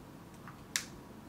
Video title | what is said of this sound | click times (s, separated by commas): Installing the Auditor 6 at single-phase sites | clamping the cts to the conductor make sure you hear the clicking noise | 0.8 s